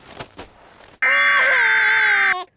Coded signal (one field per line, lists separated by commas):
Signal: Emergency Alert System (SAME) tones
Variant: header bursts